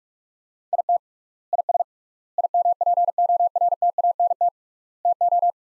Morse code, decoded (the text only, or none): IT IS IMPORTANT TO